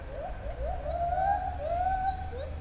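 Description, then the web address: Lar gibbon giving a few quick rising notes that run into long, gently wavering whoops, with low hum beneath. White-handed gibbon at Debrecen Zoo, captive, recorded 2012 on a Marantz recorder; small rattling noises. "allathangok debrecenizoo 2012 feherkezugibbon kisebbzorgesek"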